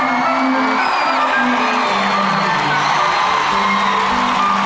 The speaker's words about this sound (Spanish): Reciban con un fuerte aplauso a Don Diazepam y a Don Lexatin.